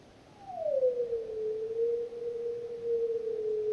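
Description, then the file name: Wolf howl: one smooth tone that glides down from a higher start and then holds steady and level for over two seconds. A single lone wolf. "Rich Peet's lone wolf"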